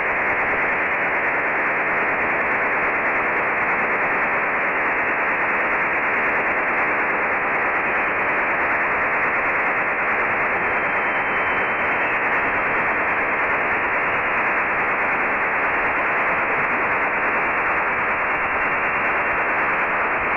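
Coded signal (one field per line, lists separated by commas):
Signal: HF data modem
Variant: STANAG 4285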